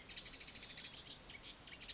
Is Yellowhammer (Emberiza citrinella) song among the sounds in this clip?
no